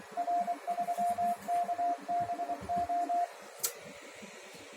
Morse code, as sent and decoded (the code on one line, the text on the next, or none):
.-. ...-- -.- -... ---
R3KBO